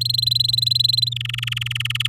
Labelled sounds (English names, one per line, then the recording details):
Domestic Canary song
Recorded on 10 May 2018 at 08:12
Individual llb16